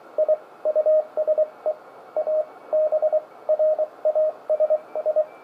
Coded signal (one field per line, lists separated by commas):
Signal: Morse code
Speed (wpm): 23 wpm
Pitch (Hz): 620 Hz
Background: radio noise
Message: I USE A BRASI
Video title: Homebrew Cheap Arduino CW (Morse) Decoder - Final Version.